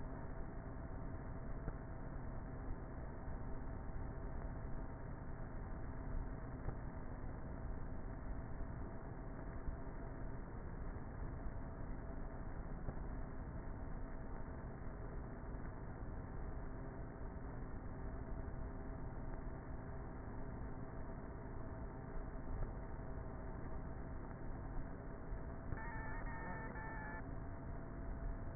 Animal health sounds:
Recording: honeybee colony, microphone inside the hive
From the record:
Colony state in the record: queenless with a low population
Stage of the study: before two queens were removed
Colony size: about 30,000 bees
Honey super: no

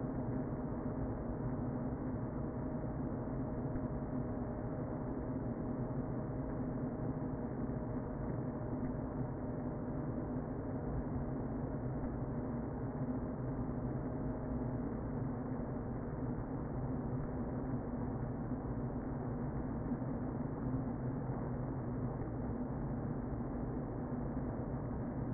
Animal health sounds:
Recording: honeybee colony, microphone inside the hive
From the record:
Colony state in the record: queen present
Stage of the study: before two queens were removed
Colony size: about 60,000 bees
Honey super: yes

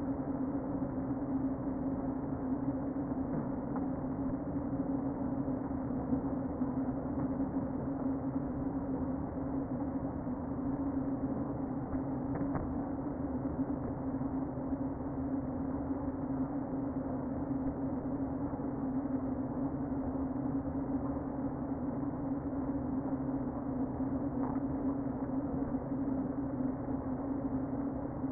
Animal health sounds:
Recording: honeybee colony, microphone inside the hive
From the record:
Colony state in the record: queen present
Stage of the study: before two queens were removed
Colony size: about 60,000 bees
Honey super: yes

